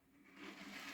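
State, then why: Not seated. Someone handles the hinged lift-up board of an N gauge model railway layout, lowering it toward its seated position in the layout baseboard with a soft, rising scraping and rustling sound. Nothing has seated or clicked yet; the board is not yet home.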